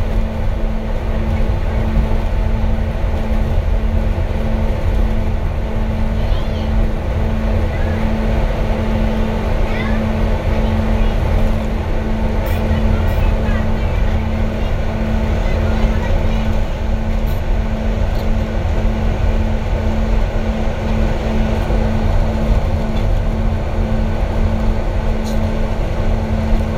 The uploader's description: the bus is really loud from the heaters to loud children to juice-boxes